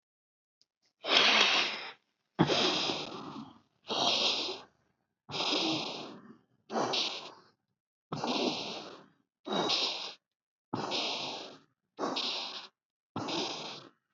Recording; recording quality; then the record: deep breathing; excellent, no background noise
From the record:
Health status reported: healthy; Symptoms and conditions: fever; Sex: male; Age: 40 years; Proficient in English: yes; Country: India